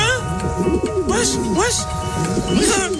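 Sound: pigeons cooing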